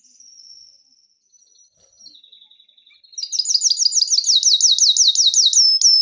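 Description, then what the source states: Canary song: soft thin whistled notes at first, then a loud run of rapid looping, rising-falling whistles repeated several times a second. Canary song intended for training.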